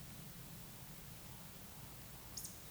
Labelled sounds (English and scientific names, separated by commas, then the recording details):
Eurasian Woodcock (Scolopax rusticola) whistle, Eurasian Woodcock (Scolopax rusticola) croak
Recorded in Baden-Württemberg, Germany, on 11 June 2021 at 20:07 UTC
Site 24606, 635 m above sea level